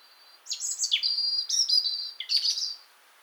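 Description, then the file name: European robin song, high tinkling phrases with thin whistles dropping into twittering runs, three bursts throughout, no other sounds. "Erithacus rubecula"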